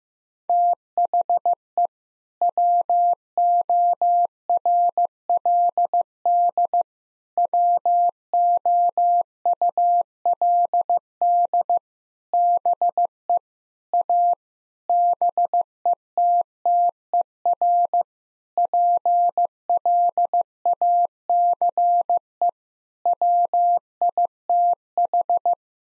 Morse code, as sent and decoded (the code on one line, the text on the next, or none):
- .... . / .-- --- .-. .-.. -.. / .-- --- ..- .-.. -.. / -... . / .- / -... . - - . .-. / .--. .-.. .- -.-. . / .-- .. - ....
THE WORLD WOULD BE A BETTER PLACE WITH